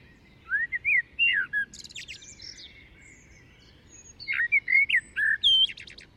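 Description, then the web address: Common blackbird song: two phrases of flowing whistled notes, each trailed by thin, buzzy high twitters, with quiet background hiss. "SETE Turdus merula"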